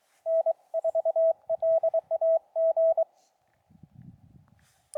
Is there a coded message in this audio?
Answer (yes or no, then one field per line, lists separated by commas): yes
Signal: Morse code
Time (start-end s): 0.3-3.0 s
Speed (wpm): 22 wpm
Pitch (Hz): 650 Hz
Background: none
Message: N4LAG